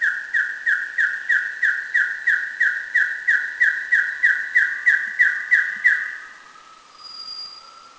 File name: Taiwan Partridge